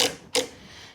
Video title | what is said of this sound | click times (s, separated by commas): Easwe B10 Foldable Electric Wheelchair - Lightweight, Portable and Travel Ready | You'll hear those little clicks. | 0.4 s